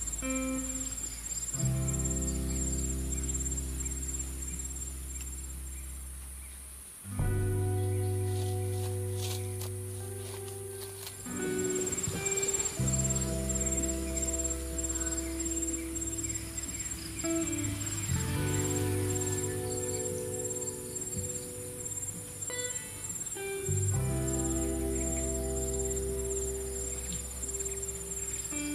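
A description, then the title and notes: Slow, mellow lofi music with deep bass chords changing every few seconds, over a steady high chirring of crickets throughout. Sound of Calm Wave, Cricket sound and Summer Ambience with calming lofi music.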